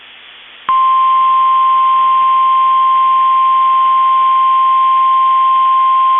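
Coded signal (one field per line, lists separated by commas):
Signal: Emergency Alert System (SAME) tones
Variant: 1050 Hz attention tone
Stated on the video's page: Required monthly and weekly EAS tests from Minnesota NOAA Weather Radio KEC65 and Rochester/Mankato broadcast stations.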